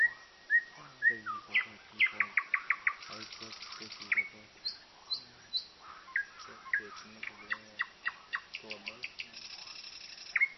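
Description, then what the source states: Common nightingale singing varied phrases: whistles, then fast repeated chirps and rapid clicking trills, with short pauses between bursts. Sung at night.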